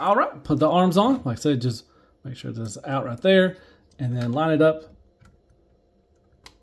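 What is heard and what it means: Someone talks while lining up a die-cast/ABS robot arm piece to attach it into the torso joint of a combined Blitzway Carbotix Voltron: Legendary Defender (Special Limited Edition) figure. After the talking, only faint handling ticks are heard, at about 5.3 s and 6.5 s. The arm fails to go in, and nothing has seated or clicked yet.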